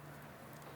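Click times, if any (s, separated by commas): none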